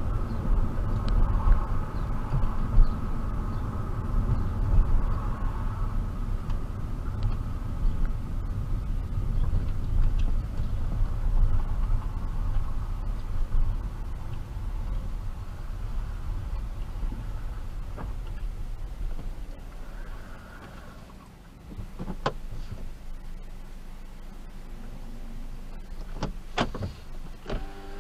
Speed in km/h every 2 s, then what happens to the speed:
23, 21, 18, 13, 11, 10, 10, 6, 0, 0, 0, 0, 0, 0.
0-16 slows to 0. 16-28 standing.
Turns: 4-8.